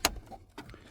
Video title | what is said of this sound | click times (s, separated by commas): Bricknose Ford Speedometer Cable Removal | and basically it just pushes on there until it clicks now it is engaged and back on there and | 0.1 s